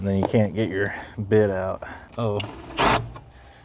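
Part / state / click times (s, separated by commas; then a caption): screw into truck interior panel mount / stripped / 3.2 s. A screw is driven with a bit on an extension into an interior panel mount of a 1984 Dodge 4x4 farm truck during trim or accessory installation. Someone talks, then a brief high whine and a burst of noise come from the driving, and a short, sharp sound at 3.2 s marks the screw stripping out while being driven in.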